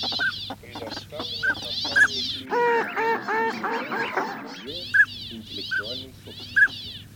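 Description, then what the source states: Northern pintail calls: short fluty whistles repeated at irregular intervals with dry rattling notes, and a burst of harsher quacking notes in the middle. Audio made for use in an electronic decoy caller.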